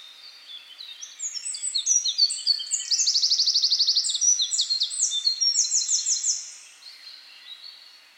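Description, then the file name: Eurasian wren song: a loud, rapid run of high trills and sharp notes lasting about five seconds, with a fast rattling trill in the middle. "Troglodytes troglodytes"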